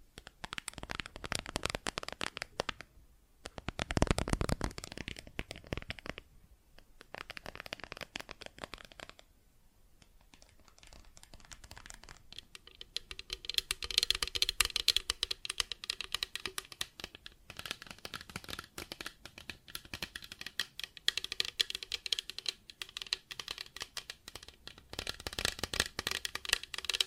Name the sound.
Plastic Objects Tapping and Scratching